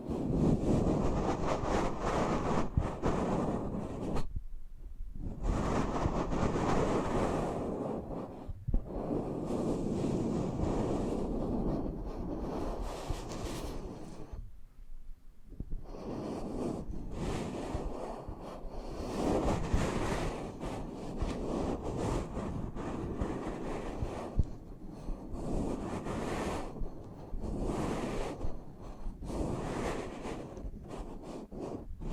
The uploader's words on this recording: ASMR Intimate Eardrum Massage for Sleep (No Talking).